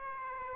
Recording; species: mosquito wingbeat signal from an infrared sensor; Aedes aegypti